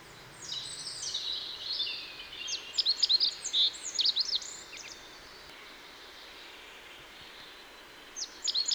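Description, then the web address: Rock bunting song: a rapid high twittering phrase of thin, sharp notes, a pause of about three seconds, then the next phrase starts, with faint background hiss. "cibra valsolda. Zigolo muciatto"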